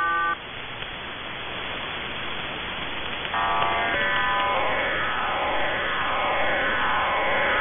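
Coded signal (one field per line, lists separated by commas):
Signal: numbers station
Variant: HM01, RDFT data mode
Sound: static hiss with chords of steady tones, then a dense warbling multi-tone data buzz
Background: radio static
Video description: Cuban numbers station HM01 hybrid voice and RDFT mode.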